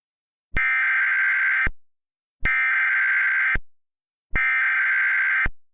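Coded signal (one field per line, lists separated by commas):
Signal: Emergency Alert System (SAME) tones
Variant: header bursts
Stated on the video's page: Mock, simulated EAS tornado emergency alert.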